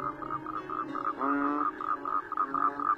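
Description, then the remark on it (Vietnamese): A steady chorus of frogs croaking in quick repeated pulses in a garden flooded after prolonged rain, with one louder, rasping croak rising above the rest partway through. “Đèn mà tắt là ông nghe tiếng ếch nhái cứ ỉ oạp vang lên.”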